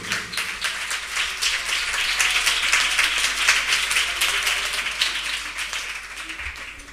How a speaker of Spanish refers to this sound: Por favor, le dais un aplauso.